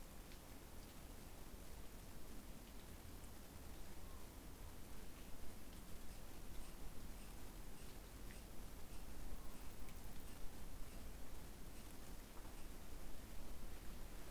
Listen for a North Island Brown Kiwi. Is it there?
no